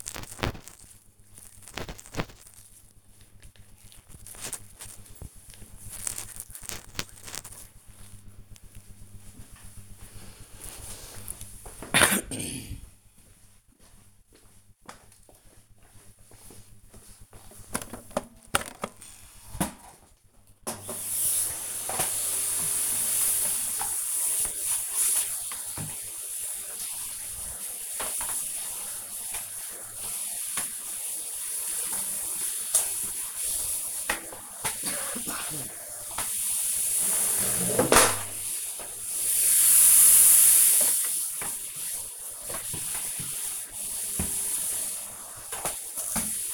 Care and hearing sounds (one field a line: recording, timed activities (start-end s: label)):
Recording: household activities, microphone on the right wrist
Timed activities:
0.00-6.46 s: cream hands
20.54-46.54 s: vacuum cleaning